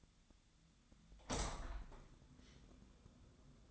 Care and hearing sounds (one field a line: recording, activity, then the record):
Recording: daily activity, microphone in the room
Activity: open window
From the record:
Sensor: 3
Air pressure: 1004.6 hPa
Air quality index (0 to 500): 97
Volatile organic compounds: 3 ppm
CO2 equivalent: 1508 ppm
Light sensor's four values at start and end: 7/16/6/6 and 7/16/6/6